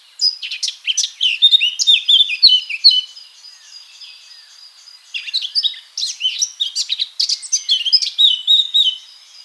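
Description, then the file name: Eurasian blackcap song in two long bouts of hurried, jumbled warbling with bright whistled notes, separated by a brief quieter pause. "Sylvia atricapilla"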